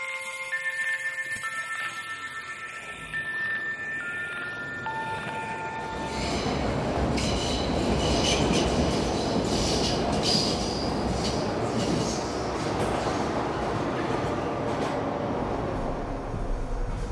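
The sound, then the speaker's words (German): A subway train carrying 124 passengers rumbles along with a steady, dense roar and rattling, after several seconds of sustained electronic tones and chimes. No one speaks. “In dieser U-Bahn reisen 124 Passagiere, davon ein Illegaler.”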